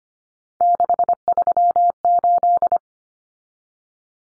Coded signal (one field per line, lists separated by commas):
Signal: Morse code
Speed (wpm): 25 wpm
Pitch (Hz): 700 Hz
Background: none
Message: 638